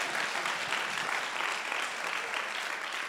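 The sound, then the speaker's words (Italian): An audience claps together in a dense, steady wash of applause that holds at an even loudness for a few seconds, with no voices standing out above it. “Ah ok, applaudiamo insieme.”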